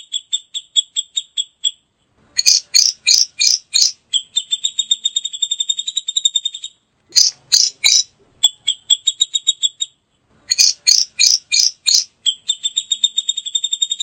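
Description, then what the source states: Grey-cheeked bulbul calling in fast trains of high paired chirps alternating with bursts of louder, harsh scratchy notes, repeating several times. Female grey-cheeked bulbul, known locally as cucak jenggot.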